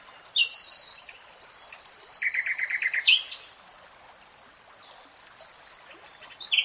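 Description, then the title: Nightingale: bird song of varied phrases: a high swelling whistle, a quick trill of repeated notes, a sharp upslurred note, then quiet with faint high calls. Three-hour real-time recording. "[Tiếng chim hót] Nightingale Singing"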